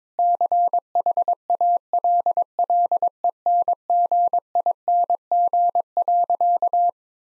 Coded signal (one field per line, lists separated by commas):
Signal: Morse code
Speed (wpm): 22 wpm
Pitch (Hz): 700 Hz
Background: none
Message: CHALLENGING.